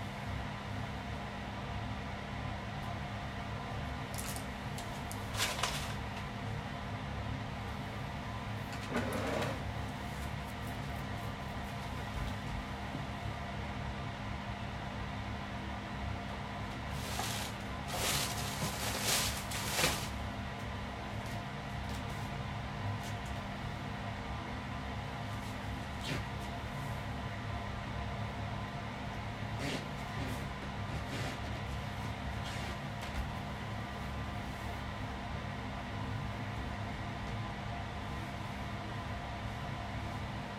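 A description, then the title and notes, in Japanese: Cleaning and tidying, gathering trash into one spot, over a steady low machine hum that never changes. Short rustles and clatters break in now and then, clustered around five to ten seconds and again near seventeen to twenty, with scattered softer ones later. 掃除と片付け。ゴミを一箇所に集める。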